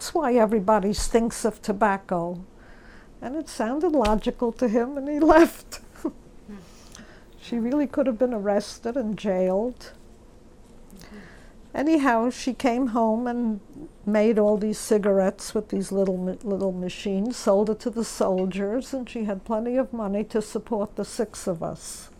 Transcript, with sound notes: That's why everybody stinks of tobacco." And it sounded logical to him and he left. (She laughs.) She really could have been arrested and jailed. Anyhow she came home and made all these cigarettes with these little machines, sold it to the soldiers and she had plenty of money to support the six of us.